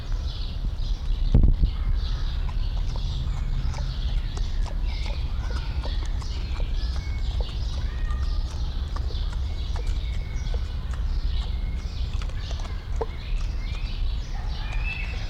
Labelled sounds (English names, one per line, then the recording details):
Red River Hog
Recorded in captivity
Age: adult
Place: Zoo Berlin, Berlin, DE
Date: 1994-05-28 11:06
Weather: bedeckt, 12-15°C
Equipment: Marantz CP 430, Sennheiser ME 80, Kopie Uher Variocord 263
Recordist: Tembrock, Günter